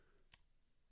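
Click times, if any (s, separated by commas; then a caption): 0.3 s. On a Canon PowerShot V1 compact camera, the battery/card compartment door is held shut while its manual lock switch is slid over, because this door does not snap shut automatically. A single small, sharp click is heard at 0.3 s over a quiet background. The door latch locks.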